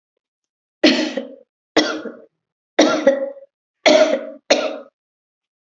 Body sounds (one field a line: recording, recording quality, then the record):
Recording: heavy voluntary cough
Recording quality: excellent, no background noise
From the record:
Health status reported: healthy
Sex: female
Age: 31 years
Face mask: not worn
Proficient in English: yes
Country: India